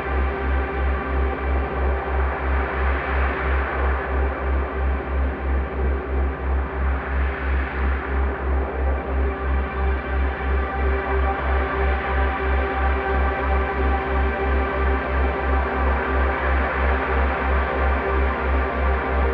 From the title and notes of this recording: This is a two hour binaural at 3 Hz on a carrier of 65.4 Hz (in the key of C). It's based off a field recording of the full duty cycle of a Bosch Dishwasher, slowed down and resonated into a swirling, evolving drone.